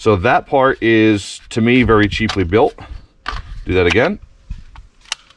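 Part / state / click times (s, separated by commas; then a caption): battery pack into mini chainsaw handle / seated / 5.1 s. A battery pack is wiggled into the handle of a Saker mini chainsaw, a part that is cheaply built, while someone talks. Faint scraping and rattling follow as it is worked in, and it seats with a sharp click at 5.1 s.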